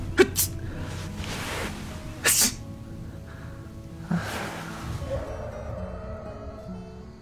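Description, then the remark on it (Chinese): A drunk person slumped in the back seat of a car, chilled by cold wind blowing in through the window on an April morning in Beijing, sneezes once, sudden and sharp, over a low, steady rumbling background, with a few softer breathy noises before and after it. “早间温度稍低，寒凉的风透过车窗呼呼地灌了进来，把歪斜在后座上的醉醺醺的人冻得打了个喷嚏。”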